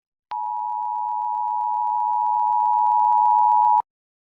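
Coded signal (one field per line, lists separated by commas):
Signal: Emergency Alert System (SAME) tones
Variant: 853 and 960 Hz attention tone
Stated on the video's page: Severe Thunderstorm alerts received on NOAA Weather Radio.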